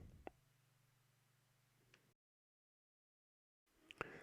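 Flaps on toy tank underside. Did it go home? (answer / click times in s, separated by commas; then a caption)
yes / 0.3 s, 4.0 s. Plastic flaps on the underside of a toy tank, a Fans Toys FT-41 Sheridan (Warpath) figure, are closed and snap into place. Sharp clicks are heard at 0.3 s and 4.0 s, with fainter ticks around 1.9 s and 3.9 s and a stretch of silence in between. The flaps are seated.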